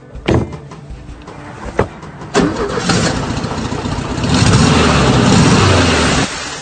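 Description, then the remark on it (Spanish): A couple of sharp clicks, then the air-cooled 1.6-litre, 54-horsepower four-cylinder boxer engine of a Volkswagen Beetle, with a huge fan and mounted vertically, catches and settles into a steady, rattly idle, rising to a louder rev before cutting off abruptly. “No en construcción plana, sino el tradicional del escarabajo, un boxer cuatro cilindros refrigerado por aire, con un enorme ventilador y colocado verticalmente.”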